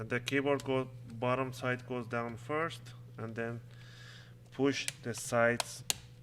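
A laptop keyboard is being handled into the palmrest top case, with its bottom side going down first before the sides are pushed so the plastic retaining clips can snap in. Someone talks throughout, with faint handling noise between phrases. Nothing has seated or clicked yet.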